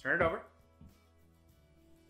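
Someone talks briefly as an inverted single-serve cup is fitted and lined up on the plastic motor base of a Ninja Professional Series 1100W blender, before it is twisted home. A faint soft knock of handling follows around 0.8 s over a low steady hum. Nothing has seated or clicked yet.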